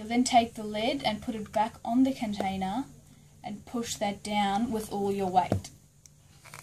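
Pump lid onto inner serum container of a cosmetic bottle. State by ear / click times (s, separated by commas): seated / 6.5 s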